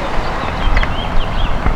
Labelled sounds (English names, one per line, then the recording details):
House Finch song
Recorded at West Islip on Long Island, New York, on 18 May 2013
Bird L